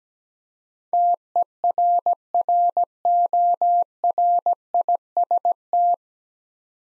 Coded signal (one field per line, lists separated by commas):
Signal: Morse code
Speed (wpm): 17 wpm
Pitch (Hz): 700 Hz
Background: none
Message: TERRORIST